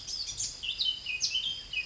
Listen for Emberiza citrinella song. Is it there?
no